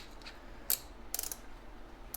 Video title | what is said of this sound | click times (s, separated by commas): Dewalt DCD771 Power Drill Tutorial | and then just tighten it down you can start to hear it click | 1.1 s, 1.2 s, 1.3 s